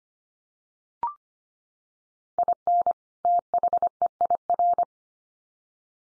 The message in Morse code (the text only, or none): IN THEIR